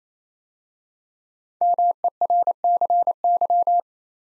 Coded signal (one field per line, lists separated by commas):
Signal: Morse code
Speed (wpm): 29 wpm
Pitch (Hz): 700 Hz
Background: none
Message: MERCY